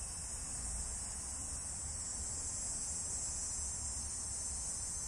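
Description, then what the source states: Cicadas droning in a steady, high-pitched continuous buzz with no breaks, over a low rumbling background. Cicadas recorded in Michigan.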